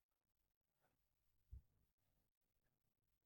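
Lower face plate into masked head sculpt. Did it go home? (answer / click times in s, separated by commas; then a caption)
no / none. The magnetic interchangeable lower face plate of a Hot Toys MMS754 Deadpool & Wolverine Wolverine (Deluxe Version) figure is aligned and slowly pressed toward the masked head sculpt, without forcing it, to avoid scuffing the paint on the nose. Quiet handling rustles are heard, with a soft low bump around 1.5 s. Nothing has seated or clicked yet.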